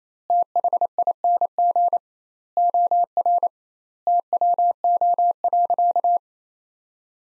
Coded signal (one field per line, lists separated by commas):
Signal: Morse code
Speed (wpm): 28 wpm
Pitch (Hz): 700 Hz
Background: none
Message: THING OR TWO.